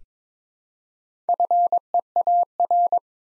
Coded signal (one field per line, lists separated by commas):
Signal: Morse code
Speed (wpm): 22 wpm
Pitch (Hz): 700 Hz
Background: none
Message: FEAR